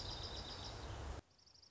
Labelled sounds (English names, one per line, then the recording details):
Dark-eyed Junco
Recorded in Sonoma County, California